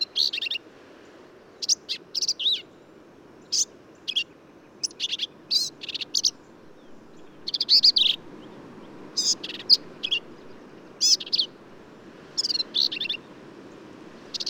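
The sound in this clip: Black-capped vireo delivering a long series of short, sharp, chattery phrases, with quick high squeaks and buzzes and brief gaps between them.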